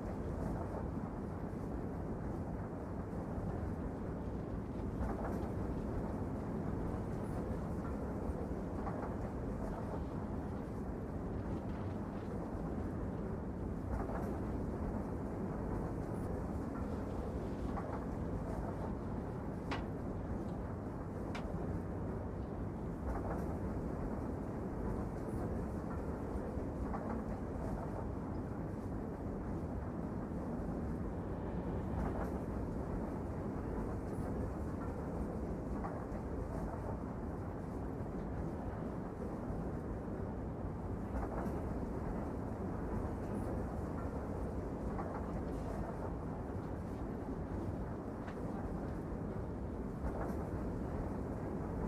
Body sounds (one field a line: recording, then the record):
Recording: background sound without coughing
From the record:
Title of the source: Train Ride Ambience ambient white noise for sleeping, focus, studying, reading